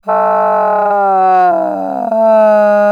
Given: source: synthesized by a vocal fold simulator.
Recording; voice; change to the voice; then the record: sustained vowel; female; asymmetry, level 42 of 51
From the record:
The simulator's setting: 5.10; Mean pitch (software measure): 168 Hz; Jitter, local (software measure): 0.90%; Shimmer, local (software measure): 6.1%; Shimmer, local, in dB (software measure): 0.52 dB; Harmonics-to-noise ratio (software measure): 19.6 dB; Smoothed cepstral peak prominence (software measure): 14.6 dB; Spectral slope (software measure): -21.9 dB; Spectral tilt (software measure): -12.8 dB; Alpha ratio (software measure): -12.4 dB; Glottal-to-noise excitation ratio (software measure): 0.880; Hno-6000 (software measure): 2.6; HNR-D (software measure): 28.0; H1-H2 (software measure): 2.3 dB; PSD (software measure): 1.3e-03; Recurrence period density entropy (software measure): 0.122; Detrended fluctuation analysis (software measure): 0.0227